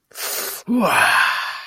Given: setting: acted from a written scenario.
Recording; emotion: vocal sound without words; pain